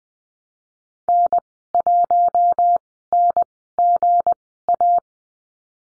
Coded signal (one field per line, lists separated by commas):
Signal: Morse code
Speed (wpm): 20 wpm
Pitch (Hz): 700 Hz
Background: none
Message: N1NGA